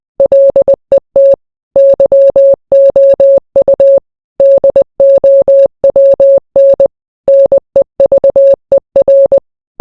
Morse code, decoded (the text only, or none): LET YOU DOWN NEVER